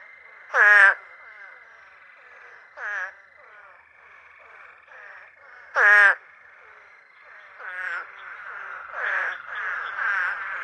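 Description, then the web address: Hurter's spadefoot giving loud, short calls, two strong ones about five seconds apart, with softer similar calls between and after. North America. "Songs of Frogs Toads of North America. Hurters Spadefoot"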